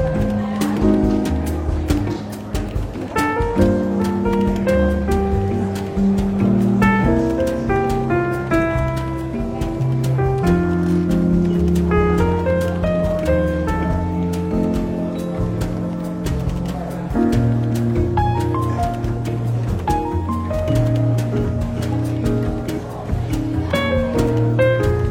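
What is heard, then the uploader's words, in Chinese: Soft, relaxed jazz plays steadily through a bookstore café, a warm bass line moving under mellow mid-range melody notes. A low murmur of voices sits beneath it, and light clinks of cups and dishes tick through often, loudest near the start and end. 伦敦书店咖啡馆轻微喧闹氛围与柔和轻松的爵士背景音乐。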